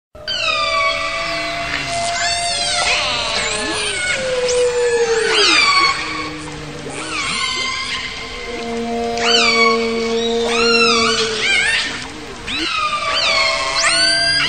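Whale calls: overlapping harmonic wails and squeals that sweep up and down, with sharp upward slides and long steady tones, continuing throughout.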